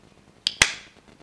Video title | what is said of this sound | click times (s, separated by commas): Review Of The Seashell SS-i5 Waterproof Scuba Case For iPhone 5, 5S & 5C | clicks into place beautifully now you can see the screen in there's gone dull this is part of the app | 0.5 s, 0.6 s